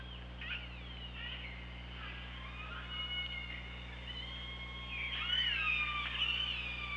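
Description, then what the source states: Killer whale calling repeatedly, a series of bending squeals and buzzy tones that build into a louder, overlapping burst of calls toward the end, over steady low hum. Recorded on the OrcaLab hydrophone, 24 August 2017 at 15:19.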